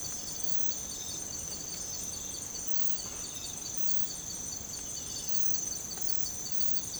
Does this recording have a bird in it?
no